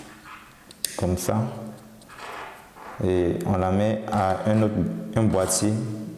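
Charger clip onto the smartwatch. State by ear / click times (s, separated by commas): seated / 0.7 s, 0.8 s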